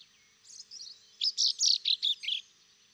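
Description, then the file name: Common chaffinch: a few soft high notes lead into a run of six louder, sharp chirps in quick succession. "Fringilla coelebs"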